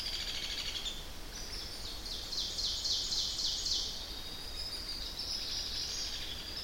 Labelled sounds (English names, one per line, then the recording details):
Ovenbird song
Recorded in boreal forest in Alberta, Canada, on 10 June 2016 at 08:56
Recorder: SongMeter 3, array SBT-3-39
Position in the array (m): 212 m, 176 m
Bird 17